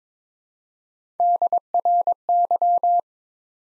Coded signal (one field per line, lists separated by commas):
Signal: Morse code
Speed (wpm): 22 wpm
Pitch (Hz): 700 Hz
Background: none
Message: DRY